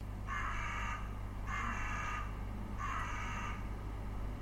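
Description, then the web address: Bird calls: three harsh, drawn-out caws, each under a second long and spaced about half a second apart, over a steady low hum. "Deverinetal 2025 File origin Bird Only"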